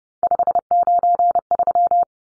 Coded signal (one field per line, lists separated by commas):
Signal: Morse code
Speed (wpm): 30 wpm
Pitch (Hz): 700 Hz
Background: none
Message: 593